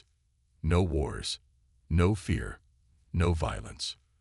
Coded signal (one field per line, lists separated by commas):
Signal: none